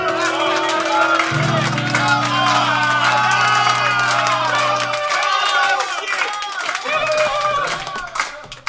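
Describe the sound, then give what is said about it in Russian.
A large crowd applauds and cheers loudly and steadily throughout, with whoops and shouting voices, applauding the authors at the evening show 'Vecher gustogo vazelina'; a sustained low musical chord hums beneath the noise for the first few seconds. “Друзья мои, спасибо большое за цветы, за ваши аплодисменты, за ваши слезы, за любовь, за все то, что вы подарили сегодня нам, скромным авторам вечера густого вазелина.”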